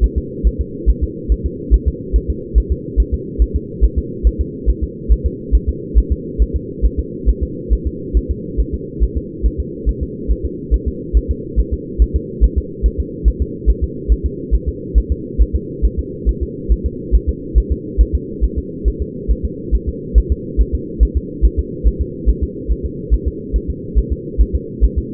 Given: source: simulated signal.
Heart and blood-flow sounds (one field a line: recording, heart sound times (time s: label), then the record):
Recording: fetal heart sounds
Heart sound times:
0.04 s: S1
0.18 s: S2
0.47 s: S1
0.61 s: S2
0.90 s: S1
1.04 s: S2
1.32 s: S1
1.46 s: S2
1.74 s: S1
1.88 s: S2
2.16 s: S1
2.30 s: S2
2.58 s: S1
2.72 s: S2
3.00 s: S1
3.14 s: S2
3.42 s: S1
3.56 s: S2
3.85 s: S1
3.98 s: S2
4.27 s: S1
4.41 s: S2
4.70 s: S1
4.84 s: S2
5.12 s: S1
5.26 s: S2
5.55 s: S1
5.69 s: S2
5.98 s: S1
6.12 s: S2
6.42 s: S1
6.56 s: S2
6.85 s: S1
6.99 s: S2
7.29 s: S1
7.43 s: S2
7.73 s: S1
7.87 s: S2
8.17 s: S1
8.31 s: S2
8.60 s: S1
8.74 s: S2
9.03 s: S1
9.17 s: S2
9.46 s: S1
9.60 s: S2
9.89 s: S1
10.03 s: S2
10.31 s: S1
10.45 s: S2
10.74 s: S1
10.88 s: S2
11.17 s: S1
11.31 s: S2
11.60 s: S1
11.73 s: S2
12.02 s: S1
12.16 s: S2
12.44 s: S1
12.58 s: S2
12.86 s: S1
13.00 s: S2
13.28 s: S1
13.42 s: S2
13.70 s: S1
13.84 s: S2
14.12 s: S1
14.26 s: S2
14.55 s: S1
14.69 s: S2
14.98 s: S1
15.12 s: S2
15.42 s: S1
15.56 s: S2
15.85 s: S1
15.99 s: S2
16.29 s: S1
16.43 s: S2
16.72 s: S1
16.86 s: S2
17.15 s: S1
17.29 s: S2
17.58 s: S1
17.72 s: S2
18.01 s: S1
18.15 s: S2
18.44 s: S1
18.58 s: S2
18.88 s: S1
19.02 s: S2
19.31 s: S1
19.45 s: S2
19.75 s: S1
19.89 s: S2
20.18 s: S1
20.32 s: S2
20.61 s: S1
20.75 s: S2
21.03 s: S1
21.17 s: S2
21.45 s: S1
21.59 s: S2
21.87 s: S1
22.01 s: S2
22.30 s: S1
22.43 s: S2
22.72 s: S1
22.86 s: S2
23.14 s: S1
23.28 s: S2
23.56 s: S1
23.70 s: S2
23.98 s: S1
24.12 s: S2
24.41 s: S1
24.55 s: S2
24.84 s: S1
24.98 s: S2
From the record:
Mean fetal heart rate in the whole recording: 140 bpm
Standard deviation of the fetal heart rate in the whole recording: 2 bpm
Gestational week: 34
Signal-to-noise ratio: -4.1 dB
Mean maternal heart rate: no maternal heart sound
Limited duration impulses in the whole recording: absent